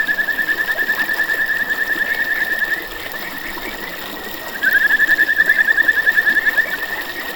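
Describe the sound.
Kajika frog calling in fast pulsed whistled trills near one pitch, a long run, then a quieter stretch before the trill resumes louder.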